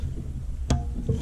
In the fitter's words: plug it into you with a click. You'll actually hear it and feel it.